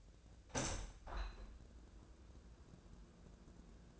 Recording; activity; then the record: daily activity, microphone in the room; open window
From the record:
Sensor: 2